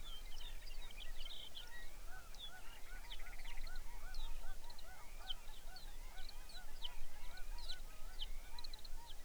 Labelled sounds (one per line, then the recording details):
songbird
waterfowl
grouse or ptarmigan
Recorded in the Arctic National Wildlife Refuge, Alaska, on 23 May 2019 at 05:57
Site 49